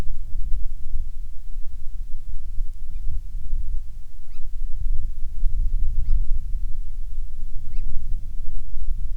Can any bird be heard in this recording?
yes